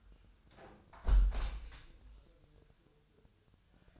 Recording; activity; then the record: daily activity, microphone in the room; close window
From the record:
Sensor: 2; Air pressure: 1014.8 hPa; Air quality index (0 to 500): 29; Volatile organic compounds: 1 ppm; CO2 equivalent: 525 ppm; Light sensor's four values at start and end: 8/20/8/8 and 8/19/8/8